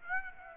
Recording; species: mosquito wingbeat signal from an infrared sensor; Aedes aegypti